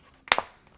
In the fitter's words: Snaps right in.